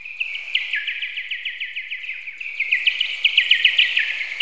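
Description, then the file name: Bird song of quick, sharp, high chirps repeated several times a second, pausing briefly, then resuming louder and busier. "Linnut"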